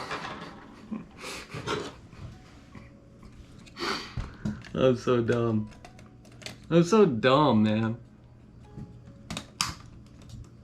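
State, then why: Seated. An intact plastic cover piece is fitted onto a Sony Handycam CCD-TRV22 Video8 camcorder body after a broken one was tried first. Someone talks and there are quiet scattered taps. The cover snaps sharply into place at 9.6 s.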